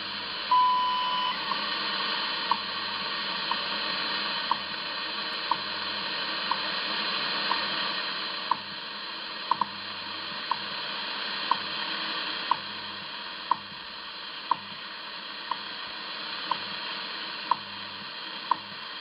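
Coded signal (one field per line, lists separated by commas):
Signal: radio time signal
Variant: WWV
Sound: loud radio hiss with faint short clicks every second and a brief 1 kHz beep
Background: radio static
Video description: WWV time signals Boulder Colorado 25 Mhz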